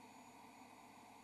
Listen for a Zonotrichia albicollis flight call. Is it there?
no